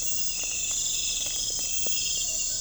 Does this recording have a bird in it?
no